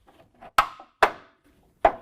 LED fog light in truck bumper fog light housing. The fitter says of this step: You'll hear it click into place.